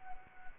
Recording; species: mosquito wingbeat signal from an infrared sensor; Anopheles gambiae